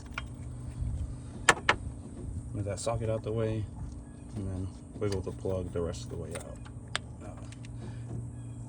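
An 18 mm socket is pressed against a diesel fuel injector in its cylinder head bore on a 2004 F250 6.0 Powerstroke, levering it out during a high-pressure oil leak fix. Sharp clicks sound at 1.5 s and 1.7 s as the injector pops loose from the bore, and someone talks afterward. The injector is released.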